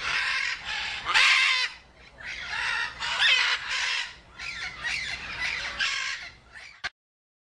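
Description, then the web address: Macaw screeching in a series of harsh, rasping squawks, loud and noisy, ending abruptly. "zvuk popugaya ary kakie zvuki izdayot popugaj ara. parrots ara"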